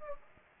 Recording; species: mosquito wingbeat signal from an infrared sensor; Anopheles gambiae